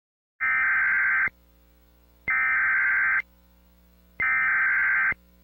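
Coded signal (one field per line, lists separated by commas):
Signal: Emergency Alert System (SAME) tones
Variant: header bursts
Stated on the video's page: Simulated EAS scenario, fictional.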